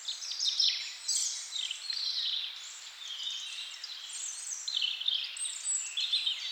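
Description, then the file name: Birds singing, a busy chorus of high warbles, whistles and chirps layered over one another with no pause. "melodiez vogels"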